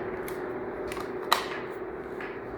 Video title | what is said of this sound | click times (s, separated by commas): 2 serkreto para gumagana ang smoke detector with sounder base #firealarmsystem | Yan, nakalock na yan. | 1.3 s